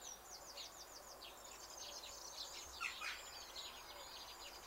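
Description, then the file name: Eurasian wren singing a fast, high-pitched series of rapid notes that run into a dense, scratchy jumble, over background hiss. "Troglodytes troglodytes"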